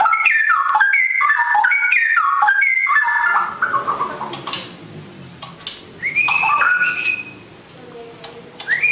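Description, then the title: Oriental magpie-robin delivers a burst of rapid whistled notes, then quieter spaced whistles and a long rising-then-level note after a lull. "Kicau Kacer"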